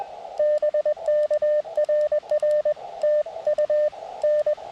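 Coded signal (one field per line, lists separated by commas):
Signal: Morse code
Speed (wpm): 20 wpm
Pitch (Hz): 600 Hz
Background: none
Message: BK RR TU N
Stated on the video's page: CW calling CQ during a POTA/SOTA field activation, as an example.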